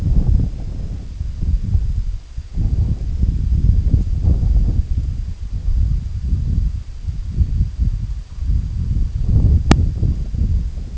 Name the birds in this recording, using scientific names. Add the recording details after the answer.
none. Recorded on Arctic tundra, site IGLO-D, on 25 June 2018. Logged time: 06:00